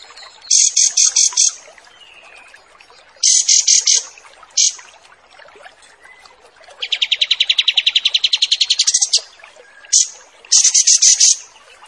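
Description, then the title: Kapas tembak song: short bursts of high, rapid pulsed notes, with one longer, lower rapid trill in the middle, and pauses between. Wild bird; recording made as a training song for caged birds (masteran). "Masteran Kapas Tembak Liar"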